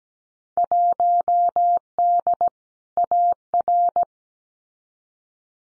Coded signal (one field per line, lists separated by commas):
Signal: Morse code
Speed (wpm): 17 wpm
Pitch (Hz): 700 Hz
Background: none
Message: 1D AR